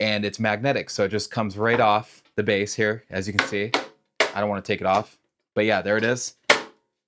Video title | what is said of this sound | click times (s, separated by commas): Laser Screen Printing: The Future of DIY Tees | and it snaps right into place and we put the screen right here comes with a bunch of ink | 6.5 s